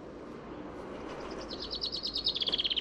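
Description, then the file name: Common chaffinch song rising out of a faint hiss: a series of high repeated notes that grows louder toward the end. "Fringilla coelebs"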